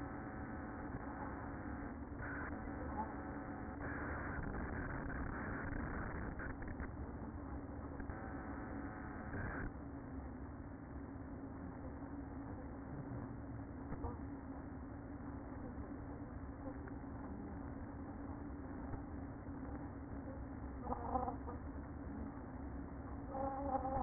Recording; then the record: honeybee colony, microphone inside the hive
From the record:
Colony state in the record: queen present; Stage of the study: after two queens were removed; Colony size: about 60,000 bees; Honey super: yes